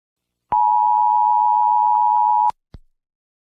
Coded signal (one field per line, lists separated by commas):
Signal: Emergency Alert System (SAME) tones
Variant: 853 and 960 Hz attention tone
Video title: Did You See That? - My Final EAS Video